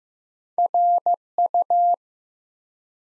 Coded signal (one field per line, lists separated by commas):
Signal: Morse code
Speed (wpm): 15 wpm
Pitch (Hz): 700 Hz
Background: none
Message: RU